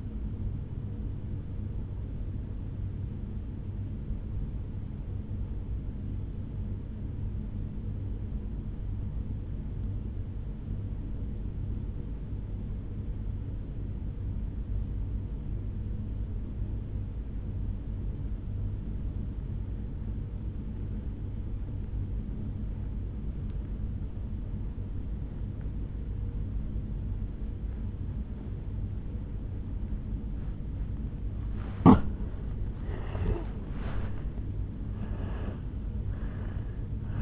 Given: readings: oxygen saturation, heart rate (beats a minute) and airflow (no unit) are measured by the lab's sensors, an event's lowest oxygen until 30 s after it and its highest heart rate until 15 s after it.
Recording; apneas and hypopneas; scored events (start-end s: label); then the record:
breathing in sleep by a smartphone at the bedside; 1
4.00-32.10 s: obstructive apnea (N1, oxygen 98% highest, then 81% lowest, heart rate 58 at the start, 77 highest)
9.00-37.22 s: new sleep stage, N2 (light sleep)
From the record:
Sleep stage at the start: N1 (lightest sleep); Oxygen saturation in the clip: 83 to 98%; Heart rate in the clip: 56 to 74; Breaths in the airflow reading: 3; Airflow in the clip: -11.7 to 6.6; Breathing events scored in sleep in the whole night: 449 in 7.0 hours asleep